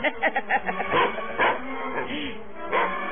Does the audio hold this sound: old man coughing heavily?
no